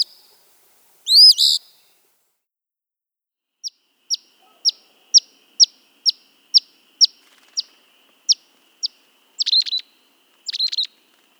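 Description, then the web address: Eastern Phoebe giving one burry two-note phrase, then a steady run of short sharp chip notes about twice a second, ending with two more phrases. "Phoebe"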